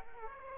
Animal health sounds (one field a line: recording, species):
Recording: mosquito wingbeat signal from an infrared sensor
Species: Aedes aegypti